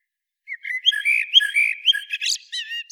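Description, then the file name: Eurasian blackbird song phrase: mellow fluted warbling notes run together for about two seconds, ending in a brief high squeaky flourish and a soft trailing whistle. "Turdus merula"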